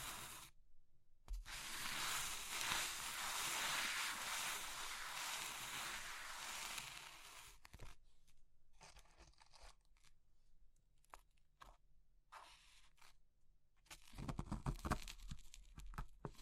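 Crushing triggers: a dense, gritty crunch fills the first half, steady and bright, from about one to eight seconds. Then come sparse, scattered crackles and ticks with quiet gaps, before heavier crumbling bursts with dull low thumps return near the end.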